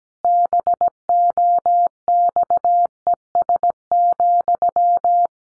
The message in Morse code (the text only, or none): BOXES,